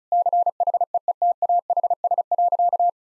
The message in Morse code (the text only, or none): CHEETAHS.